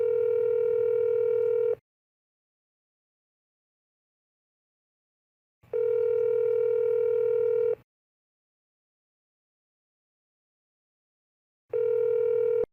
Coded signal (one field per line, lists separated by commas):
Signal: telephone call progress tone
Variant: North America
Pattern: ringback tone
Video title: The Nuclear Within - An EAS Scenario